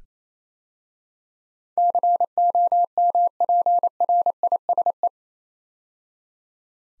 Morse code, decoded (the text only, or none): COMPRISE